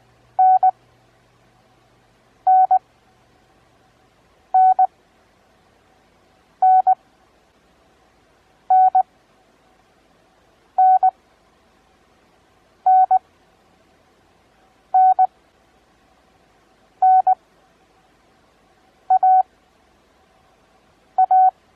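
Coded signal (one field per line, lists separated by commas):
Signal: Morse code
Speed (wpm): 20 wpm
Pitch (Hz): 750 Hz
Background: none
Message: N N N N N N N N N A A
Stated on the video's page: Morse practice at 20 wpm with Farnsworth timing at 9 wpm, covering letters M N A I E T.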